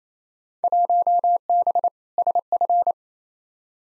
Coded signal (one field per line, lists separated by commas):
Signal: Morse code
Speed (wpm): 28 wpm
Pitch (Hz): 700 Hz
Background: none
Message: 1B SF